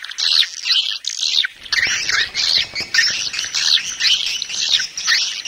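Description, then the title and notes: Swiftlet twittering, scratchy high chirps in short overlapping phrases with brief gaps. Swiftlet farming sound from Asia. "Swiflet Bird Sound. Farming Swiflet Bird asia sound"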